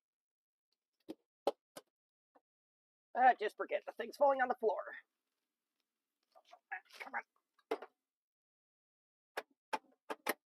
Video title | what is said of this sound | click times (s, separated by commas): S2E2: The First Windows PC I Ever Used – Can we build a complete one? | we are snapped back in. Cool. | 10.1 s, 10.3 s